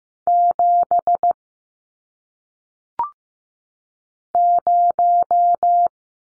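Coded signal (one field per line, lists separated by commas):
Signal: Morse code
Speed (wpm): 15 wpm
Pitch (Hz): 700 Hz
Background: none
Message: 7 0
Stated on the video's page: Morse practice of single-digit numbers at 15 wpm, each sent, then spoken, then sent again.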